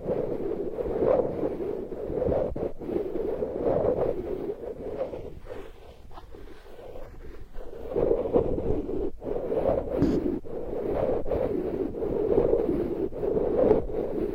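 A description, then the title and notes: Sandalwood being tapped, a dull, woody knocking that repeats in a loose, uneven rhythm throughout. A low, muffled hum with a midrange resonance sits under the taps, easing briefly around six to seven seconds before returning, with a few sharper clicks near nine and ten seconds. Healing sandalwood tapping experience SPA.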